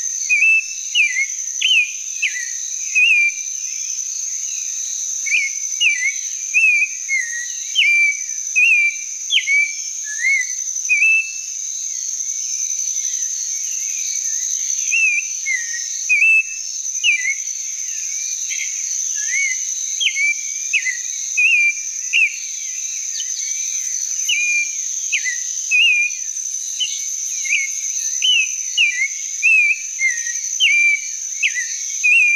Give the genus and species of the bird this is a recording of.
Turdus grayi